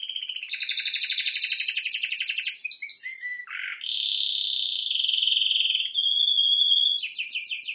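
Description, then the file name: Canary singing long rolling trills, broken by a few low harsh notes, then a steady warbled trill and a final burst of rapid chirps. "Canary Voice"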